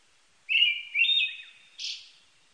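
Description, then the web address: Brown-headed thrush song: two clear whistled phrases, the second slightly higher, followed by a brief higher hissing note, in a quiet setting. Recorded 1 May 1998. "1998 980501 akahara"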